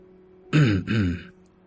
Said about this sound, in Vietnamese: Một tiếng hắng giọng khẽ vang lên từ phía sau. Nữ tử ấy quay lại, chỉ thấy một trung niên nam tử tóc hoa râm đứng đó mỉm cười.